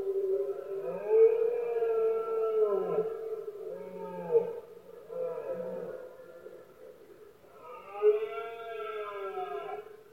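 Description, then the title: Red deer roaring, a chorus of long wavering bellows overlapping almost without pause, with a louder, higher call near the end. Male red deer bellowing during the rutting season, known in Spanish as berrea or brama, heard especially at night in Spain; soundscape. "Paisaje sonoro: Berrea #04"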